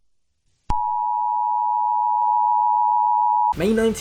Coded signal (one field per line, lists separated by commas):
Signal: Emergency Alert System (SAME) tones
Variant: 853 and 960 Hz attention tone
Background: speech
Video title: What are EAS scenarios? End of the world